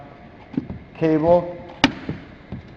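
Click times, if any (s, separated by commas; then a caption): 1.8 s. Someone talks while a car door handle cable end is pressed into its plastic holder on the door panel's handle mount. It seats with a loud, sharp snap at 1.8 s, preceded by a couple of faint clicks around 0.6 and 0.7 s.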